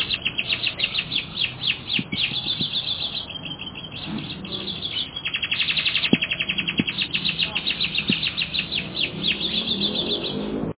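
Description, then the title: Canary song of fast, rolling trills and rapid repeated notes, with scattered low clicks and knocks underneath. "kenarijos"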